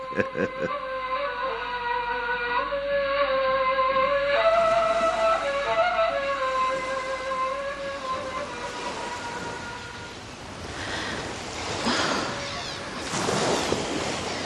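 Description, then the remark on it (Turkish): Sea waves wash in with a rushing, hissing surge that swells over the last few seconds, following a steady, held, flute-like tone that sounds alone at first. “Denize girmek nasıl iyi geldi.”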